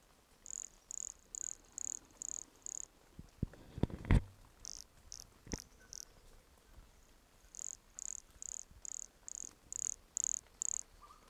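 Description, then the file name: Pumpkin toadlet call series: high, short buzzy notes repeated about twice a second for most, broken midway by a loud low knock. Recorded at Entroncamento, Teba, in January 2020, with the animal 20 cm from the microphone. "MHNCI Brachycephalus sulfuratus Entroncamento Teba 20 cm from microphone LFR JAN-2020"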